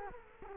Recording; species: mosquito wingbeat signal from an infrared sensor; Culex quinquefasciatus